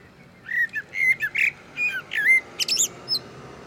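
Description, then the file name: Common blackbird producing a string of many whistled and chattering notes, finishing with a few high, thin squeaks. "Turdus merula"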